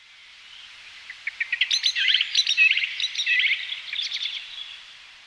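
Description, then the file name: Eurasian blackbird calling: a fast, uneven series of sharp, high chirps and twitters that builds, peaks midway and fades out over about three seconds. "Turdus merula"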